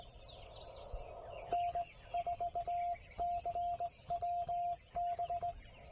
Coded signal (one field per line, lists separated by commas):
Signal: Morse code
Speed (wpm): 17 wpm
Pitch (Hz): 690 Hz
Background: none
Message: N4CWB